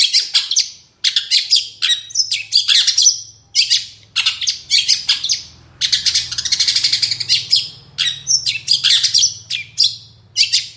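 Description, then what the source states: Long-tailed shrike song: a dense, continuous run of harsh squawks, chattering notes and high varied phrases in quick bursts, with a faint low hum underneath. Singing energetically ('gacor dor') in the morning; full of varied fill-in notes including 'toet toet' variations; used as lure and tutor recording for other long-tailed shrikes.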